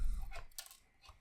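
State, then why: Released. A small plastic phone accessory is pulled free from an action figure's plastic hand. A sharp snap at 0.6 seconds marks it popping out with little force, so it comes free cleanly.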